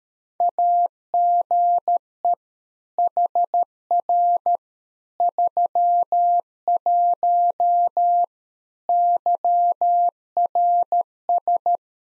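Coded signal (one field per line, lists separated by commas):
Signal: Morse code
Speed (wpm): 13 wpm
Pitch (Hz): 700 Hz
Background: none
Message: AGE HR 31 YRS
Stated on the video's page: Morse practice QSO at 13 wpm, head-copy drill of the more-information segment: ham FER, age, occupation.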